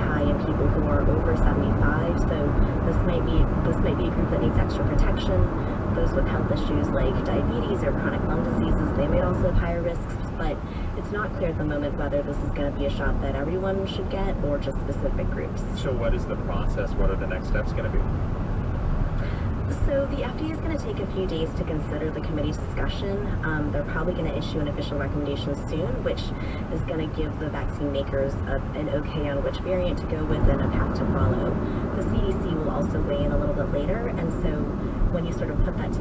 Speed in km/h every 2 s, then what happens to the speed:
85, 84, 81, 79, 76, 72, 71, 71, 71, 71, 72, 74, 76, 76, 76, 69, 63, 55.
0-11 slows to 71. 11-27 steady at about 71. 27-36 slows to 55.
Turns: none.